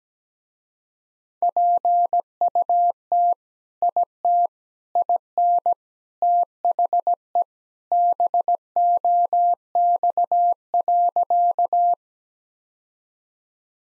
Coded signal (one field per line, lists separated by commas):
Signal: Morse code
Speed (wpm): 17 wpm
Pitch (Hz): 700 Hz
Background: none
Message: PUT IT IN THE BOX.